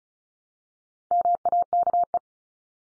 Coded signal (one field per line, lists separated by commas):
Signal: Morse code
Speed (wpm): 34 wpm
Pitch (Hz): 700 Hz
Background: none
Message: MAKE